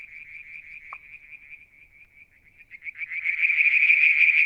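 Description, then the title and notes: Frog calling with a steady soft trill that grows louder and denser in the last second and a half, one sharp pop early on. Striped marsh frog, Verreaux's tree frog and an unidentified frog; one evening near a water tank, Mount Wilson, New South Wales, Australia, July 2022. "Frog song, Mount Wilson, New South Wales, Australia in July 2022 – by Alexander Moffatt. Limnodynastes Peronii, Litoria Verreauxii and a mystery frog one evening near the water tank"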